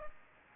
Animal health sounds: mosquito wingbeat signal from an infrared sensor; Aedes aegypti

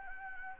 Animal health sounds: mosquito wingbeat signal from an infrared sensor; Anopheles gambiae

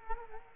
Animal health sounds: mosquito wingbeat signal from an infrared sensor; Culex quinquefasciatus

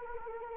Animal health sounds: mosquito wingbeat signal from an infrared sensor; Anopheles arabiensis

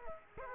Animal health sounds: mosquito wingbeat signal from an infrared sensor; Aedes aegypti

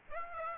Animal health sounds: mosquito wingbeat signal from an infrared sensor; Aedes aegypti

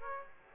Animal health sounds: mosquito wingbeat signal from an infrared sensor; Aedes aegypti

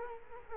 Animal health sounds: mosquito wingbeat signal from an infrared sensor; Culex quinquefasciatus

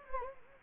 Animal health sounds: mosquito wingbeat signal from an infrared sensor; Anopheles gambiae

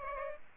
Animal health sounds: mosquito wingbeat signal from an infrared sensor; Culex pipiens

